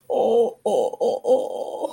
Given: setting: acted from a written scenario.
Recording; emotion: vocal sound without words; guilt